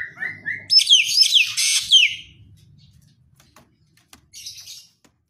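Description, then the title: Javan green magpie singing a few short rising whistles, then a loud burst of shrill descending notes, ending in near silence with one faint later phrase. Bird described as singing vigorously (gacor). "Cissa Thalassina Gacor"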